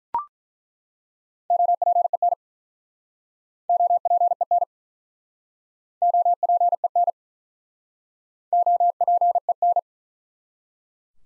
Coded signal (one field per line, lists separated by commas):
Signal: Morse code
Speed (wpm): 48 wpm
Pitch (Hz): 700 Hz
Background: none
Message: OPEN OPEN OPEN OPEN